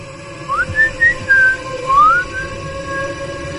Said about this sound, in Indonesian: sejak cerita kedua sampai sekarang selalu kedengaran suara siulan.